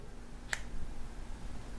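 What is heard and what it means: A plastic S Pen stylus is pushed back into its slot in a Samsung Galaxy Note 3 smartphone. It seats with a single sharp click at 0.5 s against a quiet background. The stylus is seated.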